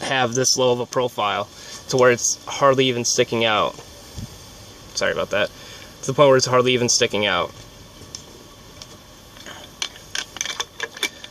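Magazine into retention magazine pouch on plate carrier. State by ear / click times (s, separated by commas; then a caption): seated / 10.4 s. Someone talks, then a magazine is pushed back into a low-profile retention magazine pouch on a plate carrier. Several short handling knocks sound between about 9.8 and 11.0 seconds, and the magazine clicks home and seats at 10.4 seconds.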